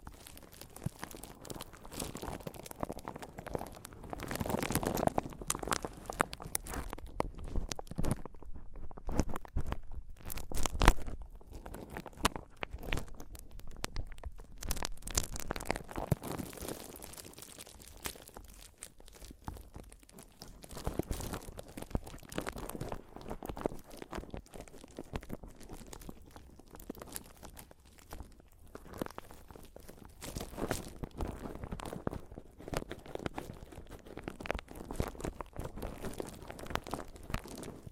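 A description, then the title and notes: Mic tapping and scratching: a dense, irregular run of crinkly scratches and soft taps, with no steady rhythm. Louder bursts come around 5, 10 to 11 and 15 seconds, then the scratching eases to a quieter, sparser texture before picking up again near the end. ASMR Mic Tapping and Scratching (No Talking).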